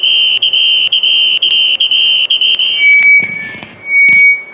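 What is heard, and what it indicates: Steady high-pitched whistle with pulsing, then a thinner piercing squeal, a simulated tinnitus sound.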